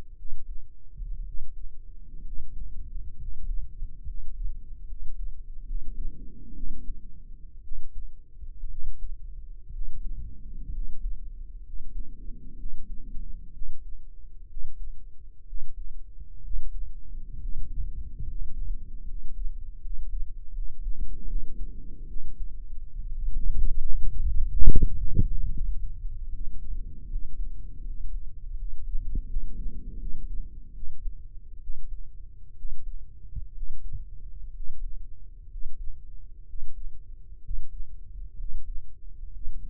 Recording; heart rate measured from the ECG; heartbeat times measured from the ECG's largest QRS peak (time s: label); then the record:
heart sounds by microphone in the right ear; 67 bpm
0.14 s: heartbeat
1.22 s: heartbeat
2.22 s: heartbeat
3.15 s: heartbeat
4.03 s: heartbeat
4.85 s: heartbeat
5.63 s: heartbeat
6.52 s: heartbeat
7.61 s: heartbeat
8.67 s: heartbeat
9.69 s: heartbeat
10.70 s: heartbeat
11.61 s: heartbeat
12.55 s: heartbeat
13.50 s: heartbeat
14.46 s: heartbeat
15.43 s: heartbeat
16.41 s: heartbeat
17.37 s: heartbeat
18.23 s: heartbeat
19.03 s: heartbeat
19.79 s: heartbeat
20.51 s: heartbeat
21.24 s: heartbeat
22.05 s: heartbeat
22.94 s: heartbeat
23.81 s: heartbeat
24.66 s: heartbeat
25.50 s: heartbeat
26.29 s: heartbeat
27.07 s: heartbeat
27.82 s: heartbeat
28.55 s: heartbeat
29.25 s: heartbeat
29.97 s: heartbeat
30.72 s: heartbeat
31.59 s: heartbeat
32.54 s: heartbeat
33.52 s: heartbeat
34.51 s: heartbeat
35.47 s: heartbeat
36.44 s: heartbeat
37.39 s: heartbeat
38.34 s: heartbeat
39.29 s: heartbeat
From the record:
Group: healthy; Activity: rest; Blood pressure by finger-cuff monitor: 121/70 mmHg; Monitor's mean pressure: 86 mmHg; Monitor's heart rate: 63 bpm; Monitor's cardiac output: 7.4 L/min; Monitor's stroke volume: 117 mL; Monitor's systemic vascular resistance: 840 dyn s/cm5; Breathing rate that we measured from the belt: 7 breaths a minute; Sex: male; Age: 23 years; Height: 178 cm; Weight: 96.6 kg